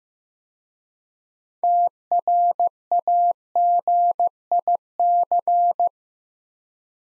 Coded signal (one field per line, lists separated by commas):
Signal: Morse code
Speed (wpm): 15 wpm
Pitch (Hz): 700 Hz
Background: none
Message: TRAGIC